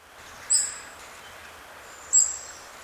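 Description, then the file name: European robin calls, two short thin high-pitched notes roughly one and a half seconds apart against a soft background hiss. "Erithacus rubecula"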